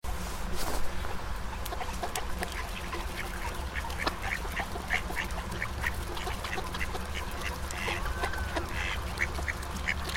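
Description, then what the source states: Ducks giving scattered short quacks over a steady low rumble, calls overlapping loosely throughout. Flock of ducks on a pond.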